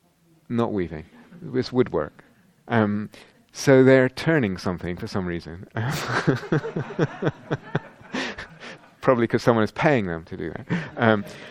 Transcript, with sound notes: Not weaving -- it's woodwork. So they're turning something, for some reason. [laughter] Probably because someone is paying them to do that.